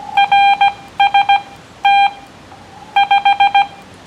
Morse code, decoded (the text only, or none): RST 5